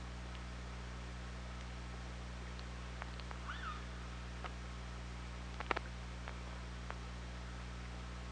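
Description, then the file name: Killer whale call: one short, wavering tonal call with faint overtones near the middle, scattered sharp clicks, over a steady low underwater hum. OrcaLab hydrophone, 24 August 2017, 07:29:54. "Orca Lab UTLN JASON 20170824 072954"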